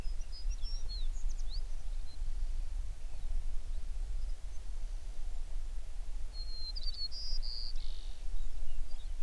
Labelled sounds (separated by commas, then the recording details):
songbird
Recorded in the Prudhoe Bay oil fields, Alaska, on 11 June 2019 at 04:59
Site 21